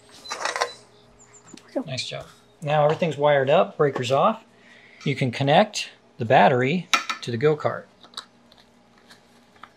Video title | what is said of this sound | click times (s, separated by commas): Run Your GO-Kart with LiTime 51.2V Lithium Battery! Installation Tutorial (Part.2) | push hard till it clicks there you go okay | 8.2 s, 9.6 s